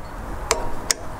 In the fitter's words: Hear that? It clicks. And then that's tightness.